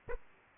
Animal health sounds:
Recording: mosquito wingbeat signal from an infrared sensor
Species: Aedes aegypti

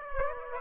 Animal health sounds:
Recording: mosquito wingbeat signal from an infrared sensor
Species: Aedes aegypti

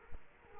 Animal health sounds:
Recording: mosquito wingbeat signal from an infrared sensor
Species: Culex quinquefasciatus

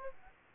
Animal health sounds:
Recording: mosquito wingbeat signal from an infrared sensor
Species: Aedes aegypti

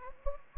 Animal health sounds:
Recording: mosquito wingbeat signal from an infrared sensor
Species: Anopheles gambiae

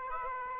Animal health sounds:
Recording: mosquito wingbeat signal from an infrared sensor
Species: Aedes aegypti

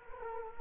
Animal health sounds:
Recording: mosquito wingbeat signal from an infrared sensor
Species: Culex quinquefasciatus

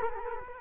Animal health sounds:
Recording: mosquito wingbeat signal from an infrared sensor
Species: Culex quinquefasciatus

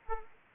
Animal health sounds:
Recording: mosquito wingbeat signal from an infrared sensor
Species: Aedes aegypti

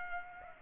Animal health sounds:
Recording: mosquito wingbeat signal from an infrared sensor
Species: Culex pipiens

